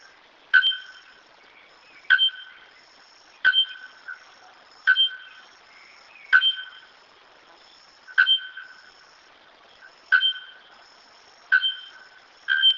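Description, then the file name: Bare-throated bellbird song: sharp metallic 'tonk' notes with ringing tails, delivered roughly every one to two seconds at a somewhat uneven pace, nine notes in all. "araponga"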